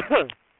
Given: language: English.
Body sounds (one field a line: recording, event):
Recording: throat vibration sensor signal played as sound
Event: cough